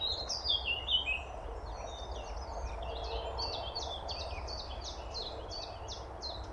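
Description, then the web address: Eurasian blackcap song: a brief louder warbled phrase at the start, then a quieter run of quick repeated chirps over constant low noise. "SETE Sylvia atricapilla"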